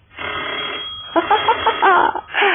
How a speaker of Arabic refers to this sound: طب رد على التليفون.